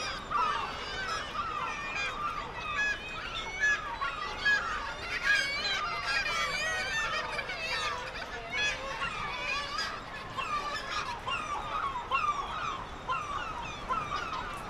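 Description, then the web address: Black-legged kittiwake calls, a long stretch of overlapping nasal wails with bursts of louder calling throughout. "sound Black-legged-kittiwake. صدای-پرنده-کاکایی-پاسیاه"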